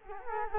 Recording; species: mosquito wingbeat signal from an infrared sensor; Culex quinquefasciatus